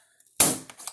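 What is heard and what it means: A screwless plastic back cover on a Samsung UN65RU7100F flat-screen TV is pried so a retaining clip unhooks. After a few faint ticks, the clip lets go with a sharp, loud pop at 0.4 s that rings out and fades, followed by smaller clicks near 0.7 s and 0.9 s. The clip is released.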